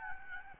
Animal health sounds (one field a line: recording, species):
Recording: mosquito wingbeat signal from an infrared sensor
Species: Aedes albopictus